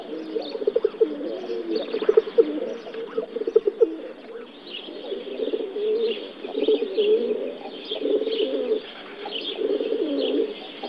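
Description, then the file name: Rock pigeon cooing: low, rolling, throaty coos given almost continuously. Domestic pigeon. "Holub domaci Columbia livia"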